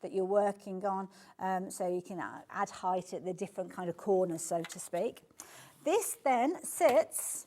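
A woman talks while a plastic extension table is handled near a sewing machine's free arm, where the accessory box sits, ready to slide on. A brief broadband rustle around 5.4 s breaks up the speech, but the table has not seated or clicked into place yet.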